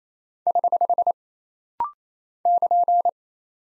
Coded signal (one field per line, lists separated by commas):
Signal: Morse code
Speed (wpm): 27 wpm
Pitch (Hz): 700 Hz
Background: none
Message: <HH> <KN>